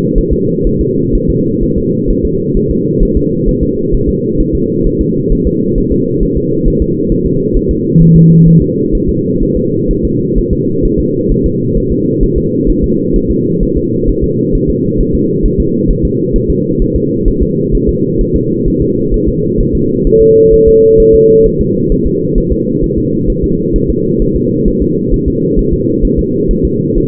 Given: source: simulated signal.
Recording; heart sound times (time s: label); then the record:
fetal heart sounds
0.18 s: S1
0.33 s: S2
0.67 s: S1
0.81 s: S2
1.15 s: S1
1.30 s: S2
1.63 s: S1
1.78 s: S2
2.10 s: S1
2.25 s: S2
2.57 s: S1
2.71 s: S2
3.03 s: S1
3.17 s: S2
3.48 s: S1
3.63 s: S2
3.94 s: S1
4.09 s: S2
4.41 s: S1
4.55 s: S2
4.87 s: S1
5.01 s: S2
5.32 s: S1
5.47 s: S2
5.78 s: S1
5.92 s: S2
6.23 s: S1
6.37 s: S2
6.68 s: S1
6.82 s: S2
7.12 s: S1
7.26 s: S2
7.57 s: S1
7.71 s: S2
8.02 s: S1
8.16 s: S2
8.48 s: S1
8.62 s: S2
8.95 s: S1
9.09 s: S2
9.43 s: S1
9.57 s: S2
9.91 s: S1
10.05 s: S2
10.38 s: S1
10.53 s: S2
10.85 s: S1
11.00 s: S2
11.32 s: S1
11.46 s: S2
11.77 s: S1
11.92 s: S2
12.23 s: S1
12.38 s: S2
12.70 s: S1
12.84 s: S2
13.16 s: S1
13.31 s: S2
13.63 s: S1
13.77 s: S2
14.09 s: S1
14.24 s: S2
14.55 s: S1
14.70 s: S2
15.01 s: S1
15.15 s: S2
15.46 s: S1
15.60 s: S2
15.91 s: S1
16.05 s: S2
16.36 s: S1
16.50 s: S2
16.82 s: S1
16.96 s: S2
17.28 s: S1
17.43 s: S2
17.75 s: S1
17.89 s: S2
18.21 s: S1
18.36 s: S2
18.68 s: S1
18.82 s: S2
19.14 s: S1
19.28 s: S2
19.61 s: S1
19.75 s: S2
20.07 s: S1
20.21 s: S2
20.54 s: S1
20.68 s: S2
21.00 s: S1
21.14 s: S2
21.46 s: S1
21.61 s: S2
21.92 s: S1
22.07 s: S2
22.38 s: S1
22.52 s: S2
22.84 s: S1
22.98 s: S2
23.30 s: S1
23.44 s: S2
23.76 s: S1
23.90 s: S2
24.22 s: S1
24.36 s: S2
24.68 s: S1
24.82 s: S2
25.14 s: S1
25.28 s: S2
25.59 s: S1
25.74 s: S2
26.05 s: S1
26.19 s: S2
26.51 s: S1
26.65 s: S2
26.98 s: S1
From the record:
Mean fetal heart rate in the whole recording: 130 bpm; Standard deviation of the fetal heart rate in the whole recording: 4 bpm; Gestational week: 38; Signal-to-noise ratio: -11.2 dB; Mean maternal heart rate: 72 bpm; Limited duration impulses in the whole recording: present